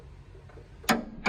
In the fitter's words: Once you hear the click, it's torqued.